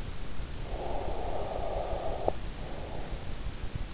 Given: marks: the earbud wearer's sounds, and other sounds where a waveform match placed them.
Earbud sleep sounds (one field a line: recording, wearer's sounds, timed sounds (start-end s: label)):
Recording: sounds in sleep by an in-ear microphone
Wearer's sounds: breath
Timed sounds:
0.47-3.41 s: breath